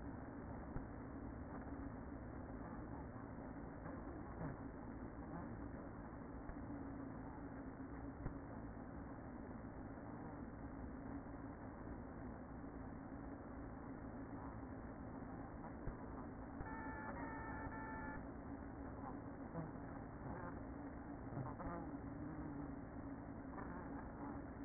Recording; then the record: honeybee colony, microphone inside the hive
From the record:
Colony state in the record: queen present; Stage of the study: after two queens were removed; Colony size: about 60,000 bees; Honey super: yes